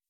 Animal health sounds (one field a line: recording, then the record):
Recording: hydrophone in a shrimp aquaculture tank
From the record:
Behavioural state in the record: weakened